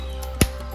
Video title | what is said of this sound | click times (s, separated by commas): GIANT Jurassic World Camp Cretaceous Dinosaurs Collection! T Rex, I Rex, Spinosaurus, Scorpios Rex | clicks right in let's see so this figure has one action button on it | 0.4 s